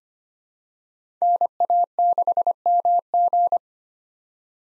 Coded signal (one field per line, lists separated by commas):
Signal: Morse code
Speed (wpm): 25 wpm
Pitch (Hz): 700 Hz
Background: none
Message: NA6MG